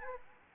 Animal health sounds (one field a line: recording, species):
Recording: mosquito wingbeat signal from an infrared sensor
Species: Anopheles arabiensis